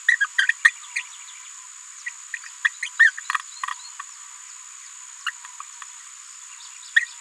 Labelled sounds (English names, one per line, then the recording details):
Green-rumped Parrotlet babbling
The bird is a female
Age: 27 days
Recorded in a nest box in Venezuela
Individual 17B73B2